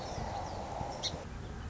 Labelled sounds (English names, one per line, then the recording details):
Song Sparrow
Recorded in Sonoma County, California